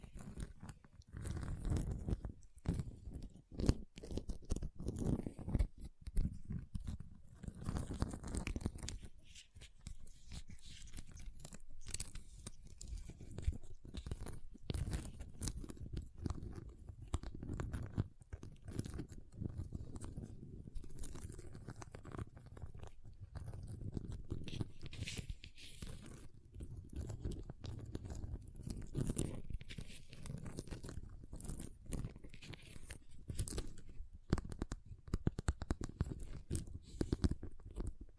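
Close, crisp tapping, scratching and carving on ice fills the recording in dense, irregular bursts of crunchy clicks. The scraping stays mostly low and full, with sharp bright ticks scattered throughout. The sound is near and dry, as if in a small room.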